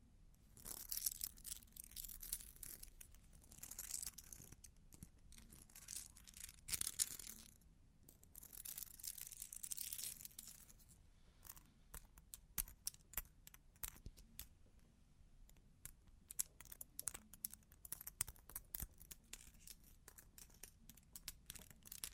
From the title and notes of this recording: Long Claws Tapping and Scratching (No Talking).